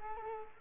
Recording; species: mosquito wingbeat signal from an infrared sensor; Culex quinquefasciatus